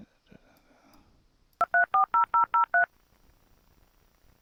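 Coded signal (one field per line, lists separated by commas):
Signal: DTMF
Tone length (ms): 120 ms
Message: 2340003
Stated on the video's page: Modem tones from a simulated 33.6 kbps modem in a holiday hacking challenge game.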